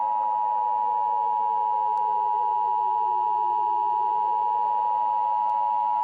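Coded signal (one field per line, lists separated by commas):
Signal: Emergency Alert System (SAME) tones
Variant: 853 and 960 Hz attention tone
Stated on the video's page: Fictional EAS scenario.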